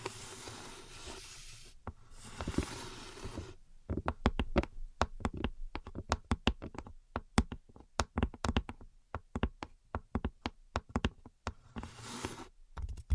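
Tapping and scratching: the opening seconds carry a dense, rough scratching, then from about four seconds a long run of sharp, irregular taps and knocks, some quick and clustered, others spaced apart. A brief burst of scratching returns near twelve seconds before the tapping resumes.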